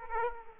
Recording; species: mosquito wingbeat signal from an infrared sensor; Aedes aegypti